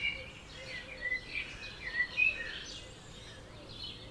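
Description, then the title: Birds calling softly, thin high chirps and short whistled notes scattered through steady background noise. Dawn chorus at 4 am in Oberhofen, Inntal, Austria; binaural recording meant for headphone listening. "Birds Oberhofen Inntal Austria - 4am - binaural version"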